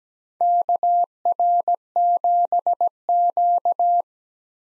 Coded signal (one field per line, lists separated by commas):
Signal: Morse code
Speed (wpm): 17 wpm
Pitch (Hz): 700 Hz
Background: none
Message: KR7Q